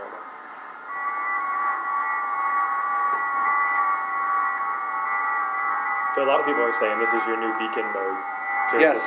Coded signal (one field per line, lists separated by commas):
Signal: FT8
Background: speech